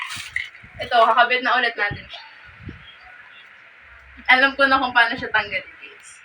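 Someone talks while a detachable attachment is being reattached into the body of a new vacuum cleaner after having been removed. A brief handling sound is heard near 0.4 seconds, but the attachment has not clicked or seated yet.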